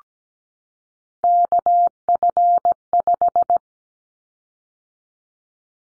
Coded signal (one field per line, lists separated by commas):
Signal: Morse code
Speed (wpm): 17 wpm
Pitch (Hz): 700 Hz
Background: none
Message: KF5